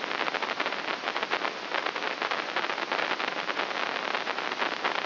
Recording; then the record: brain microelectrode recording played as sound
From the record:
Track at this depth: inside the subthalamic nucleus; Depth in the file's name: 0.241 mm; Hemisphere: right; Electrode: 3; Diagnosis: Parkinson's disease